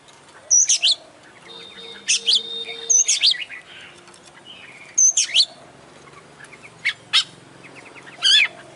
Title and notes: Kacer Juara Gacor. Kumpulan Suara Burung Masteran Pilihan